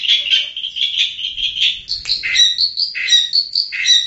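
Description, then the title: Long-tailed shrike song of varied whistled and buzzy notes, some sliding, delivered almost without pause. "cendet"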